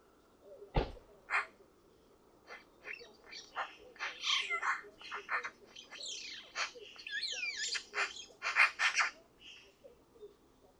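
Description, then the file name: Eurasian magpie giving a run of harsh, rasping chatter notes in quick irregular bursts, mixed with a few sharper swept squeaks, over a quiet background. "Pica pica"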